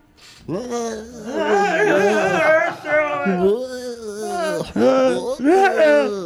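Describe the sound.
A voice imitates shrill screeches, letting out three long, whiny wails that slide up and down in pitch, loud and strained, with brief breaks between them.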